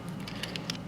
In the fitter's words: that's okay it just snaps back in really easily